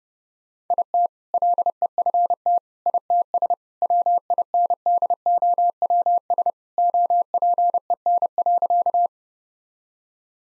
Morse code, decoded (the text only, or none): IT LEFT ITS WINDOWS OPEN.